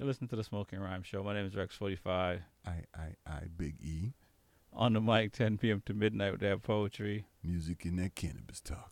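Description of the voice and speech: Clear, low-pitched adult male voice introducing a radio show at a brisk pace, with one brief sound repetition.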